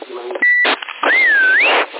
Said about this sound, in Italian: Avanti. Che fruscio, chi è? È sparito.